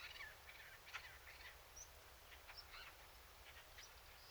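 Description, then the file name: Eurasian blackcap giving short, hard clicking tac calls scattered throughout, with a few brief thin high notes and a low background rumble. "Sylvia atricapilla"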